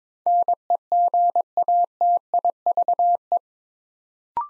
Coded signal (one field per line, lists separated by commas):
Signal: Morse code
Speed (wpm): 22 wpm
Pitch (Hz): 700 Hz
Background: none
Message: NEGATIVE